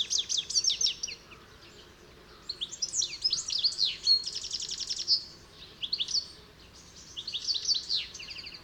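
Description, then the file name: European goldfinch twittering calls, a lively jumble of high tinkling and buzzy notes in bursts, pausing briefly around two seconds and again near six seconds, with faint background hiss. "Carduelis carduelis"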